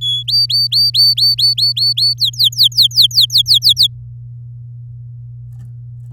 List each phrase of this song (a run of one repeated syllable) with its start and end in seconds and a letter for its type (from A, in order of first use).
0.01-0.23 A, 0.28-2.14 B, 2.18-3.87 C